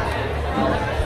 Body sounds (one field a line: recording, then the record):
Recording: background sound without coughing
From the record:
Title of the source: CITY SOUNDS Busy Bar in the Evening Night - 2 HOURS of Ambiance for Relaxation